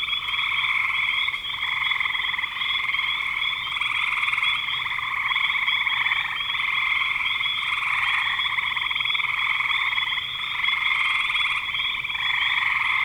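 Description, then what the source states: Frogs in full chorus, a shrill continuous trilling with gentle rises and falls in intensity. Frogs in spring 2025.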